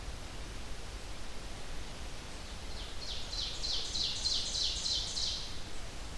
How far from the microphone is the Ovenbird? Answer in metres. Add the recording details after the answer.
about 45 m. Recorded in boreal forest in Alberta, Canada, on 30 June 2016 at 07:09. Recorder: SongMeter 3, array SBT-6-79. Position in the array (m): 214 m, 20 m. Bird 39